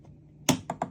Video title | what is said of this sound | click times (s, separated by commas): Review Ninja Luxe Premier 3-in-1 Koffiezetapparaat, Latte, Cappuccino, Cold Brew & Espressomaker, In | Et puis, pousser vers le bas jusqu'à entendre un clic. | 0.5 s